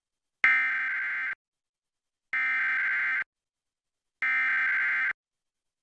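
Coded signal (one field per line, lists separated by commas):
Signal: Emergency Alert System (SAME) tones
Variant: header bursts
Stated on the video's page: Required weekly EAS test from a Fox affiliate television station in Salt Lake City, Utah.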